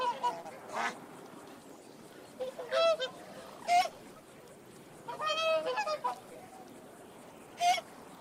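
Swan honks in short, bugle-like bursts spaced a second or two apart, with a fuller cluster of calls around the middle and quiet hiss between.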